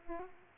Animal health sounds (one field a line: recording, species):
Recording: mosquito wingbeat signal from an infrared sensor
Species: Aedes aegypti